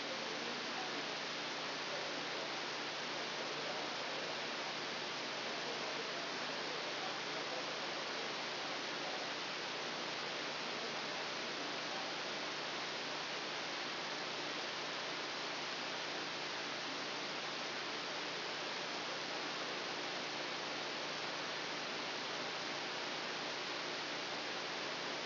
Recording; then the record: brain microelectrode recording played as sound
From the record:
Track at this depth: outside the subthalamic nucleus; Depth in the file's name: -0.284 mm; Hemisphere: left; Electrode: 2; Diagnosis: Parkinson's disease